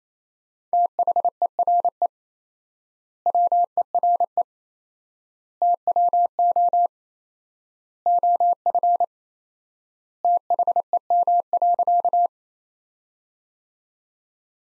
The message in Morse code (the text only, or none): THERE WERE TWO OF THEM.